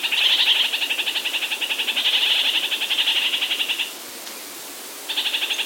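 Red-crowned parakeet giving fast rattling chatter in one long burst, a quiet gap, then the chatter starts again.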